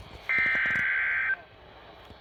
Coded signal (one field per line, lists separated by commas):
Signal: Emergency Alert System (SAME) tones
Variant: header bursts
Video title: UNRELENTING STORMS... EAS Alerts from 7/12-7/13/21 (EAS #417-464)